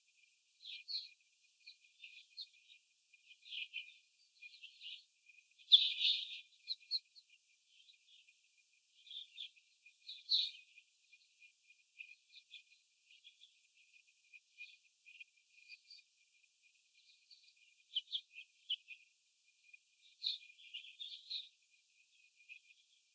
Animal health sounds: young laying hens in a cage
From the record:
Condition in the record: after the stressor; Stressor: simulated dog barking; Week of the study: 4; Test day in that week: 3

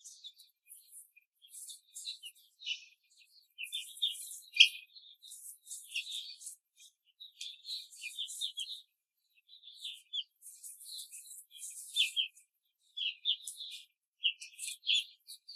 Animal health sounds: young laying hens in a cage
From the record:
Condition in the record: control cage, before the stress test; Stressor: none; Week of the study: 4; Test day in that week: 3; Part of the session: 2

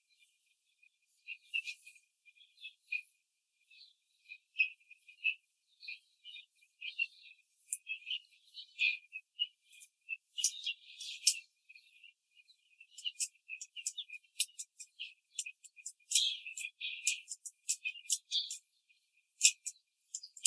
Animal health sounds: young laying hens in a cage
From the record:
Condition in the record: control cage, after the stress test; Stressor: none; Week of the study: 4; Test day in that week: 1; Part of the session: 4

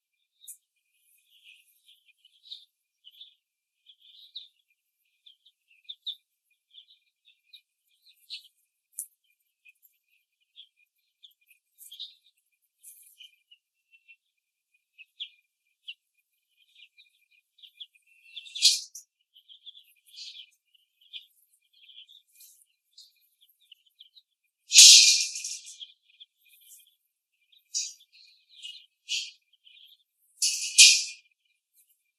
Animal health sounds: young laying hens in a cage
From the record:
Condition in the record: before the stressor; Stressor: simulated dog barking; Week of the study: 1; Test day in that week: 2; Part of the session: 4

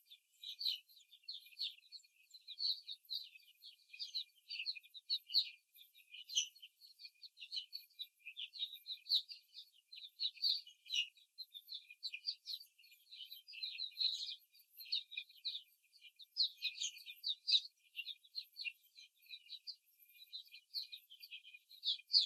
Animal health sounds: young laying hens in a cage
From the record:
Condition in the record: before the stressor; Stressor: simulated dog barking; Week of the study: 3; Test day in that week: 2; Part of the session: 1

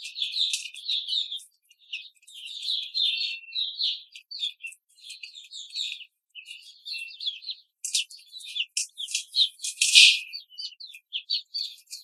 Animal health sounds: young laying hens in a cage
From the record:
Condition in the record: control cage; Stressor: none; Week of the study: 5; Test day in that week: 1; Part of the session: 1

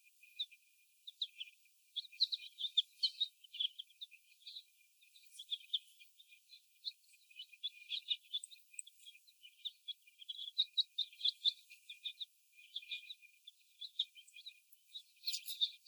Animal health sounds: young laying hens in a cage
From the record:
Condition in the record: before the stressor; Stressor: sudden umbrella opening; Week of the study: 1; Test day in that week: 1

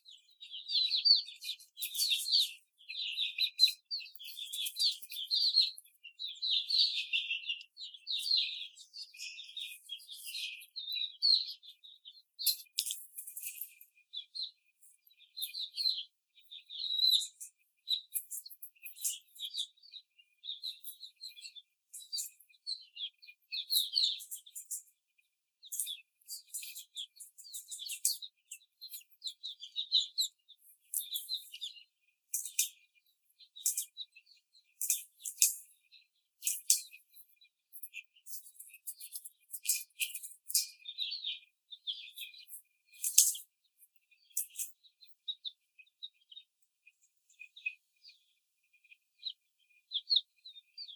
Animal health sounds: young laying hens in a cage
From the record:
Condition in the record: after the stressor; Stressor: simulated dog barking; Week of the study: 4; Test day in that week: 2

